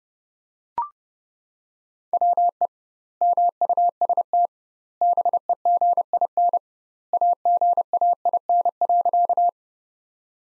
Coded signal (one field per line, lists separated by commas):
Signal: Morse code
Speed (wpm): 32 wpm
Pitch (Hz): 700 Hz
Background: none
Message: WE MUST BEGIN AGAIN.